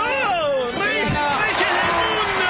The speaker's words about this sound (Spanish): fuertes aplausos.